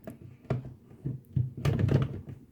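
A larger plastic DeWALT FlexVolt battery pack is pushed against the battery mount of a DeWALT palm sander with its dust collector attached, giving a series of hard thunks, loudest around 0.5 s and 1.7 s. The oversized pack hits the housing, doesn't fit, and nothing has seated or clicked into place.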